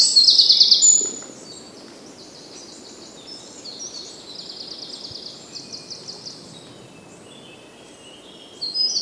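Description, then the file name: Eurasian wren song: a loud high trill in the first second, then softer rattling trills and twitters continue quietly, with a fresh burst at the end. "Troglodytes troglodytes"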